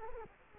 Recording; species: mosquito wingbeat signal from an infrared sensor; Culex quinquefasciatus